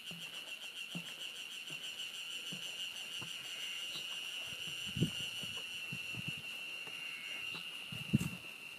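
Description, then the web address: Ezo harusemi cicada keeping up a level high buzz, while footsteps thud now and then and a few louder knocks stand out. Recorded just short of Mount Tanzawa on 1 June 2015. "2015 06 01 エゾハルゼミ丹沢山手前"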